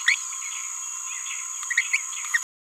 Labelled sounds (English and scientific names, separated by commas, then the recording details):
Green-rumped Parrotlet (Forpus passerinus) babbling
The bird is a male
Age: 29 days
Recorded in a nest box in Venezuela
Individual 17B31A1